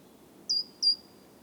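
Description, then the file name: Great tit call: two thin, very high notes about a third of a second apart, each starting with a sharp downward flick and then holding a steady pitch. "Parus major"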